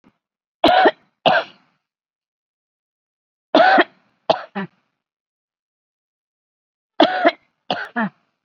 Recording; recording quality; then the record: heavy voluntary cough; excellent, no background noise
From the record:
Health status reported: COVID-19 positive, mild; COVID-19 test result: positive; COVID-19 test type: RT-PCR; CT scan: not taken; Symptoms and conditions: hypertension, diabetes, another condition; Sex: female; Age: 75 years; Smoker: no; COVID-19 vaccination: none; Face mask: worn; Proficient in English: no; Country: India